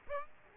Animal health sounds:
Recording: mosquito wingbeat signal from an infrared sensor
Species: Aedes aegypti

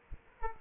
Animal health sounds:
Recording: mosquito wingbeat signal from an infrared sensor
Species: Aedes aegypti

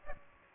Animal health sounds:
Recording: mosquito wingbeat signal from an infrared sensor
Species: Aedes aegypti

